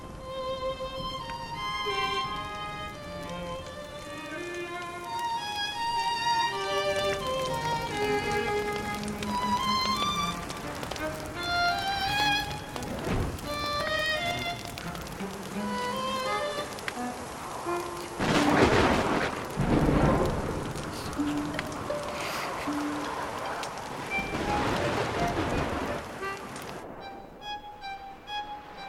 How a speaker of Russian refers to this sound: Молния ударила дерево, стоящее рядом.